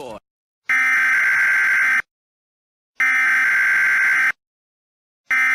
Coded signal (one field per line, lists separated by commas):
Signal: Emergency Alert System (SAME) tones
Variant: header bursts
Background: speech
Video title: EAS Scenario: Cailou The Killer